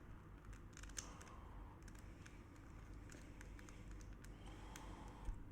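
A plastic GES tension nut is pressed with a little force onto a speed-puzzle cube's core screw, then twisted. Small sharp clicks are heard at 0.8, 0.8, 1.0, 2.3, 3.4 and 4.8 seconds over a steady low background hum. The nut clicks into place and is seated so that it no longer comes out.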